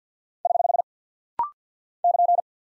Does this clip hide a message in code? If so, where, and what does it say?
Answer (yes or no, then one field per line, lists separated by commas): yes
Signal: Morse code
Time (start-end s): 0.5-2.4 s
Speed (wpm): 48 wpm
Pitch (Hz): 700 Hz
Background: none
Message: <HH> <KN>